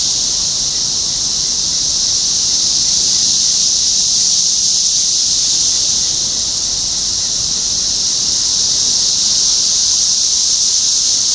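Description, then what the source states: Massed cicadas droning continuously, a high sizzling buzz over a soft low background hum. Several cicadas recorded in Topeka, Kansas, United States, on 14 June 2015.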